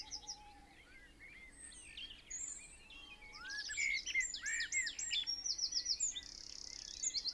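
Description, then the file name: Eurasian wren song: scattered high notes open into a loud, rapid cascade of trills and chattering phrases, ending with a steady high rattle. "Troglodytes troglodytes"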